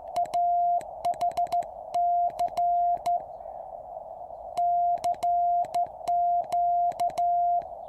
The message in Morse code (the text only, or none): AH C CQ